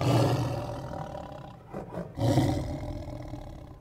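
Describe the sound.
Lion roaring, a deep rough roar that fades, breaks briefly near the middle, then swells again and trails off.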